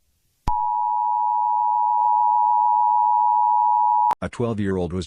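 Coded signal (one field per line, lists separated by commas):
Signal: Emergency Alert System (SAME) tones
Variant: 853 and 960 Hz attention tone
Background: speech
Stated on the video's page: Fictional EAS scenario, analog horror based on a Jurassic Park novel.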